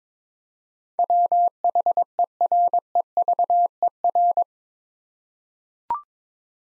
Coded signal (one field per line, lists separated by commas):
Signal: Morse code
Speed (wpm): 22 wpm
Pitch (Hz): 700 Hz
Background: none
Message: WHEREVER